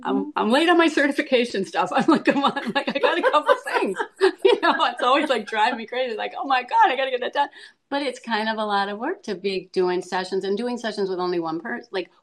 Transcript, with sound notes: I'm late on my certification stuff. I'm like, come on. Like, I got a couple things.
(laughs)
You know? It's always like driving me crazy. Like, oh my God, I gotta get that done. But it's kind of a lot of work to be doing sessions, and doing sessions with only one person.